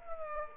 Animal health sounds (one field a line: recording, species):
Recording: mosquito wingbeat signal from an infrared sensor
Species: Culex quinquefasciatus